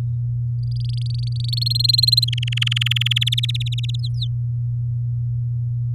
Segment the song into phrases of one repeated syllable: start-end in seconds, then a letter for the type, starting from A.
0.63-1.55 A, 1.57-2.25 B, 2.28-3.18 C, 3.21-3.74 D, 3.78-3.96 E, 3.99-4.27 F